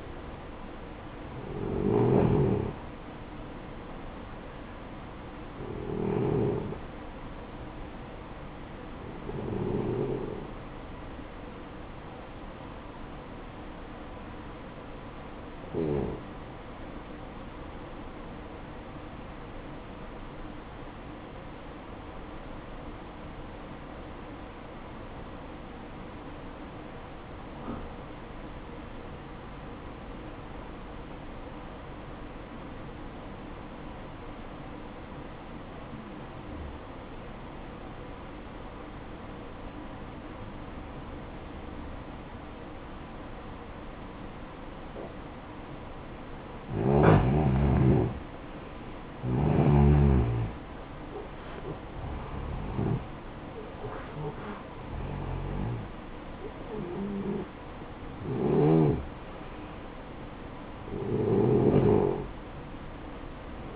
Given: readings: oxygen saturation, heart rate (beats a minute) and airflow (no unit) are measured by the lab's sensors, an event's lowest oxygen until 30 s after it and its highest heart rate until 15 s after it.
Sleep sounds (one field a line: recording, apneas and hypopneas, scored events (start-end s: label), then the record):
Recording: breathing in sleep by a voice recorder at the bedside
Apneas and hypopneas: 1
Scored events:
21.00-45.60 s: obstructive apnea (N1, oxygen 95% highest, then 87% lowest, heart rate 58 at the start, 71 highest)
From the record:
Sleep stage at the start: N1 (lightest sleep)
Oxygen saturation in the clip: 87 to 95%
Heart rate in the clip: 54 to 71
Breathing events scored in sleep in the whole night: 573 in 9.8 hours asleep